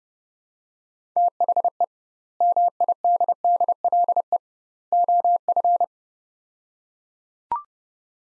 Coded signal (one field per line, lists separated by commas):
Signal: Morse code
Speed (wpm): 30 wpm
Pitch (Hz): 700 Hz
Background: none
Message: THE MIDDLE OF